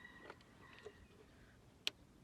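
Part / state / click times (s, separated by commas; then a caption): electrical connector onto ignition coil pack on engine / seated / 1.9 s. After the spark plug is reinstalled on a 2011 Fusion 3.0L V6 engine, the ignition coil pack and its electrical connector are pushed back on. After a couple of faint ticks, a single sharp, short click comes at 1.9 s as the connector seats on the coil pack. It must click because a loose coil pack causes misfires.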